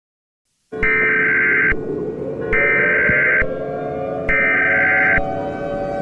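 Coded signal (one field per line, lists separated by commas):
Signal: Emergency Alert System (SAME) tones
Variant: header bursts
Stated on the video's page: Simulated Halloween EAS scenario.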